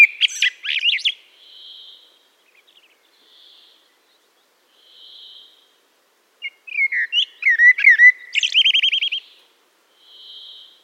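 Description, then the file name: Common blackbird singing two phrases several seconds apart, with mellow whistles and quick, high twittering notes; soft hissing sounds come between them. "Turdus merula"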